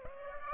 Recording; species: mosquito wingbeat signal from an infrared sensor; Aedes aegypti